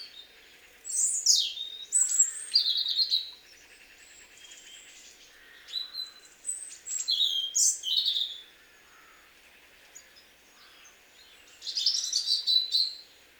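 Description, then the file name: European robin song, high sweet warbled phrases with thin trills and rapid twinkling notes, delivered in bursts separated by short pauses. "Erithacus rubecula"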